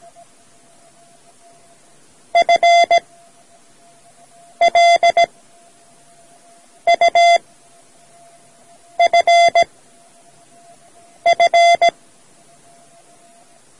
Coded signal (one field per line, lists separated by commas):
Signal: Morse code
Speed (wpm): 17 wpm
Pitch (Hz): 690 Hz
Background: none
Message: FLUFF